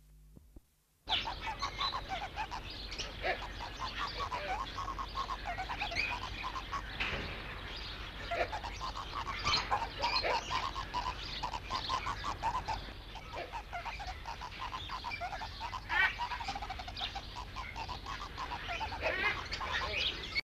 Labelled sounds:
Northern Lapwing (Vanellus vanellus) courtship call
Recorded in captivity
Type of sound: courtship call
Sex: male
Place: Zoo Hannover, Niedersachsen, DE
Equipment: Halbspur, 9,5 cm/s
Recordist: Lütgens, Hans
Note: Männchen balzt

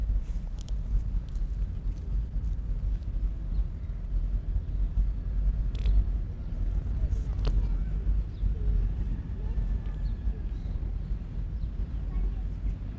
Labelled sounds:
Chamois (Rupicapra rupicapra)
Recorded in captivity
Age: adult
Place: Zoo Berlin, Berlin, DE
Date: 1959-03-07 15:00
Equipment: Reporter (Vollspur)
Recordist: Tembrock, Günter
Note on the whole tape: Einzellaute

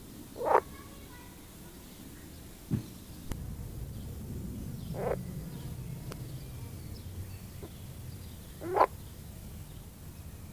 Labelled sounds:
Edible Frog (Pelophylax esculentus)
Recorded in the wild
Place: Lübars, Benekendorffstraße, Berlin, DE
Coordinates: 52.6167, 13.3469
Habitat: Gartenteich
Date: 2000-04-30 12:12
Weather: heiter, 24°C
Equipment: Nagra SN, Kopie Uher 4000 Report Monitor
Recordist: Tembrock, Günter
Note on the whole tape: Diverse Lautformen, einzelne Tiere. Gute Laute von Einzeltieren, bei lauten Passagen teilweise Kopiereffekte; sonst sehr gute Aufnahmequalität

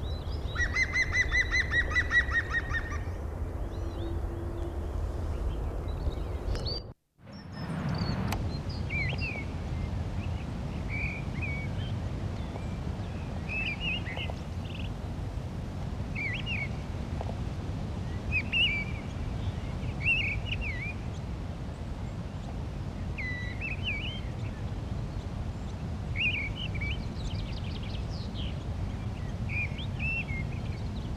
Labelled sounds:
Mistle Thrush (Turdus viscivorus) song
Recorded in the wild
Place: Garmisch-Partenkirchen, Bayern, DE
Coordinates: 47.4981, 11.1306
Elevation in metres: 1043
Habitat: mountains
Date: 1980-03-29
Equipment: Uher 4000 Report, Sennheiser MKH 815 T
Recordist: Tretzel, Erwin

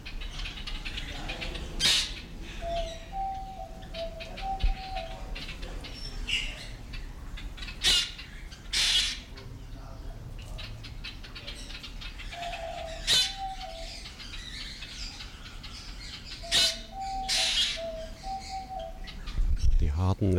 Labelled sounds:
Black Drongo (Dicrurus macrocercus) call
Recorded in captivity
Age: adult
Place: Zoo Berlin, Berlin, DE
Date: 1993-01-16
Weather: heiter, 10-13°C
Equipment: Marantz CP 430, Sennheiser ME 80, Kopie Uher Variocord 263
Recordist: Tembrock, Günter

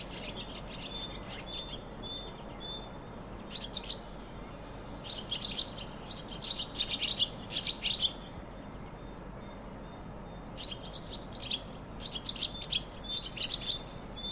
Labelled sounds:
Barn Swallow (Hirundo rustica)
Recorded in the wild
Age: adult
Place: Untertweng, AT
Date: 1972-05-12
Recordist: Brunner, Thomas
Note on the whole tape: Ufnahme: Untertweng, Gegental, Kärnten

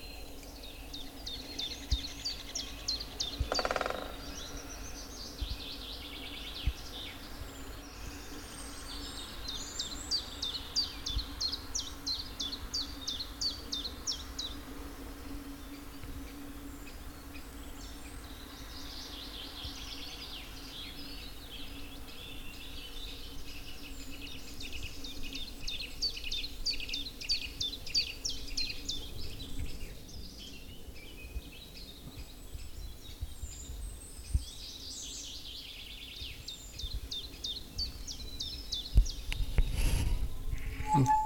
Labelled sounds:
Common Chiffchaff (Phylloscopus collybita)
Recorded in the wild
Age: adult
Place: Müggelsee, Berlin, DE
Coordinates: 52.43, 13.64
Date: 1990-04-29 09:00
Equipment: Uher 4400 Report Monitor, Sennheiser ME 80, K 30 AV
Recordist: Fischer, Stefan

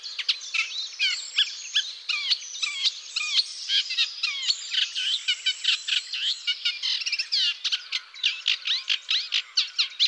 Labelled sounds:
Eurasian Reed Warbler (Acrocephalus scirpaceus) song
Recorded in the wild
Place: Flögelner See, Schleswig-Holstein, DE
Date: 2004-05-08
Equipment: MiniDisc Sharp MT 20 H, Telinga DAT, Telinga-Parabolspiegel
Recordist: Schwarz, Dieter
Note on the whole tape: Song

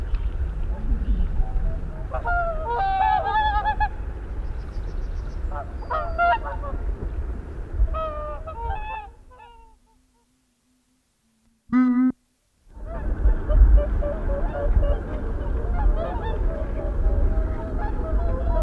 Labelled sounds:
Whooper Swan (Cygnus cygnus) call
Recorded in the wild
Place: Schaabe, Insel Rügen, Mecklenburg-Vorpommern, DE
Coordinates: 54.57, 13.45
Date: 1970-04-08
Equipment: Nagra III BH, Sennheiser MD 21, parabola
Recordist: Schubert, Michael
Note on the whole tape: Rufe von Singschwänen und schließlich ihr Abflug

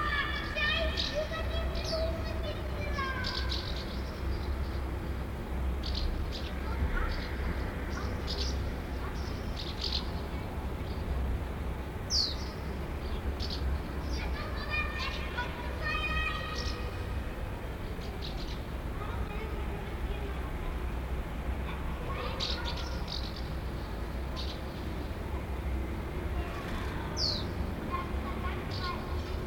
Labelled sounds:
Common House Martin (Delichon urbicum) call
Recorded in the wild
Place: Berlin, DE
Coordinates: 52.537, 13.605
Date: 1989-07-11 10:30
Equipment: Nagra III BH, Sennheiser MD 21, parabola
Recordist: Schubert, Michael

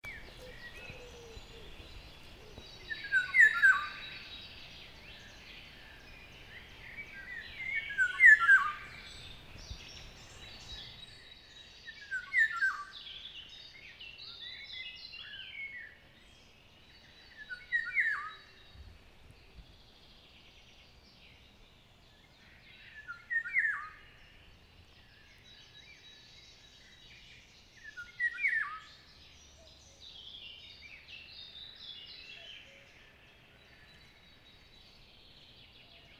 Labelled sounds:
Eurasian Golden Oriole (Oriolus oriolus) song
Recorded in the wild
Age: adult
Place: Hobrechtsfelder Rieselfelder, Naturpark Barnim, Berlin, DE
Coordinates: 52.666, 13.47
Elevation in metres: 65
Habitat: poplar grove
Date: 2014-05-17 06:44
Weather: cloudy, 10°C, weak winds
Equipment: Sound Devices 702, Sennheiser MKH 70, Rycote Windschutz
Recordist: Frommolt, Karl-Heinz
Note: Pappelwäldchen nördlich der großen Reinigungsteiche: Gesang eines Pirols. Tier nicht gesehen. Entfernung ca. 10 m

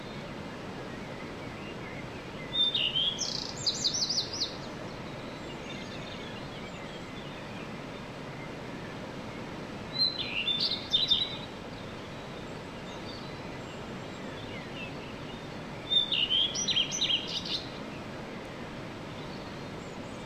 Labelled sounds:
Common Redstart (Phoenicurus phoenicurus)
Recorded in the wild
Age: adult
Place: Untertweng, AT
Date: 1968-04-14
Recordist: Brunner, Thomas

